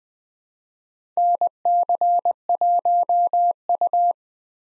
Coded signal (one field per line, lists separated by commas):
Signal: Morse code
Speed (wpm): 20 wpm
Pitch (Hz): 700 Hz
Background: none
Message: NC1U